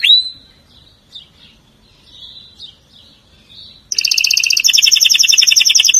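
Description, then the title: Atlantic canary with a sharp note and quiet twitters, followed by a loud, fast, buzzy trill that continues to the end. "Kenari"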